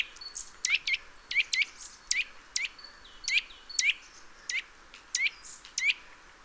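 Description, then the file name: Eurasian nuthatch calls: brief sharp upswept notes repeated in a quick series, many in pairs. "Sitta europaea"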